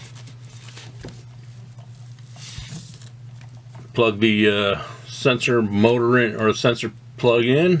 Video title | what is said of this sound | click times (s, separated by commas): Complete Test Results from Surpass V6, Trinity Slot Machine, and Fantom 17.5 Brushless Motors. | snaps in place make sure the tabs are lined up | 1.1 s